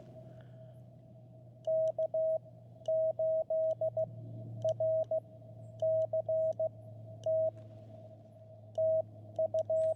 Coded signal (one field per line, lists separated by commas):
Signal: Morse code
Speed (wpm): 16 wpm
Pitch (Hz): 640 Hz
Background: radio noise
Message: K8RCT TU